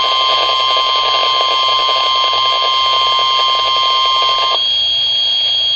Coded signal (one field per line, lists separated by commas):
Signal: Emergency Alert System (SAME) tones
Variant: 1050 Hz attention tone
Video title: EAS Alert #6 - Severe Thunderstorm Watch 5/3/12